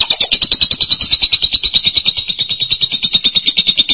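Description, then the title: Lovebird delivering a continuous, evenly pulsed high trill across four seconds with no pause. "BM Suara Burung Lovebird"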